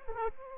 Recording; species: mosquito wingbeat signal from an infrared sensor; Aedes aegypti